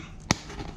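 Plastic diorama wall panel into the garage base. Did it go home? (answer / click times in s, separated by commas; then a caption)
yes / 0.3 s. A plastic wall panel of a 1/24 scale garage diorama is pressed into the garage base and snaps in with a sharp, broadband click at 0.3 seconds. It is preceded by a faint tap at about 0.2 seconds against a low background hum. The panel is seated.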